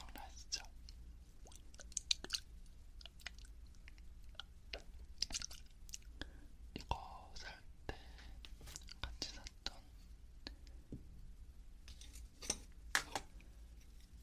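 Ear cleaning and ear touching produce irregular crackling, scratchy rubbing and sharp clicks throughout, over a steady low rumble, with louder pops near 2, 13 seconds.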